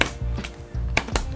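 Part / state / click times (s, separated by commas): RAM module into motherboard DIMM slot / seated / 0.0 s, 1.0 s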